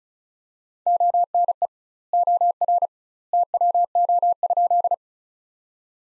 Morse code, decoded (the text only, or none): ONE OR TWO?